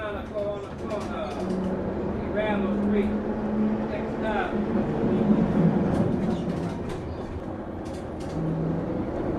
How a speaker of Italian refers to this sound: Lasciamo il Gambo Festival, un vecchio tram in legno ci porta alla Loyola e poi alla Tulane University. Vecchio e lento il tram, si ferma ogni 200 metri come se questa città fosse totalmente estranea alla frenesia e al produttivismo americani.